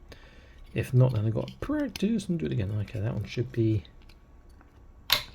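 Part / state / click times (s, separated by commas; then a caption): folding plastic display base clip on an action figure stand / not seated / none. Someone talks while pressing the folded plastic parts of a display base clip together again, on a stand for an Archecore Ursus Guard Legion Officer 1:35 scale action figure set. Faint handling ticks come near the end, then a brief, louder sharp sound at about 5.1 s. Nothing has seated or clicked yet, and the base clip fails to seat.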